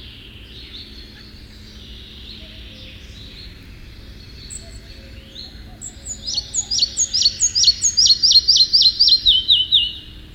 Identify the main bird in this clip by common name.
Red-breasted Flycatcher